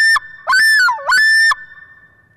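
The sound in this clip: Loon calling in loud ringing phrases, each dipping low and swinging back up to a steady pure tone, three bursts in quick succession.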